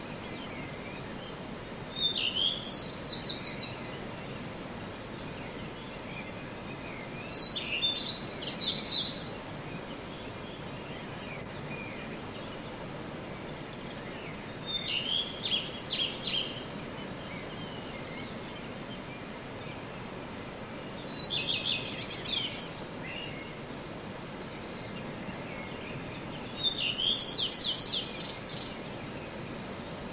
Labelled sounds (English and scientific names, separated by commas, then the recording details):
Common Redstart (Phoenicurus phoenicurus)
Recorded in the wild
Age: adult
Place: Untertweng, AT
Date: 1968-04-14
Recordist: Brunner, Thomas